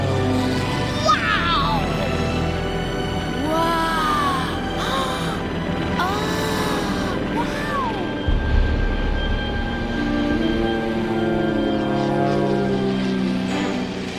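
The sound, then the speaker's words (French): A steady, loud droning of propeller aircraft engines at an airfield, with pitch swooping up and down as planes take off, land, spin and circle, and a deeper rumble swelling partway through. “Elle regarde les avions décoller, atterrir, vriller, tournoyer.”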